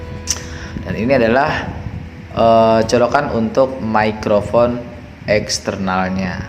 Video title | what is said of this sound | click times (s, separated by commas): unboxing B-Pro 5 Alpha Edition (AE2S) -- camera asyik buat ngevlog | tekan saja Sampai bunyi klik dan | 0.3 s